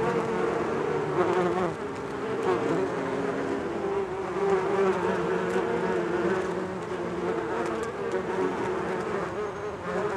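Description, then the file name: Bees producing a low, ceaseless droning buzz, many wingbeats merging into a gently rising and falling hum. "benboncan bees"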